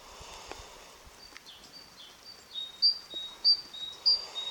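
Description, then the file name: Great tit song: after faint chirps, clear two-note whistles, high then slightly lower, repeated three times in the last two seconds. "Parus major"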